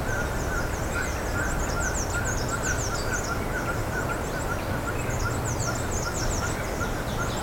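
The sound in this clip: High-pitched chirping birds, short falling notes repeated in fast runs throughout, with constant low hum and hissy background noise.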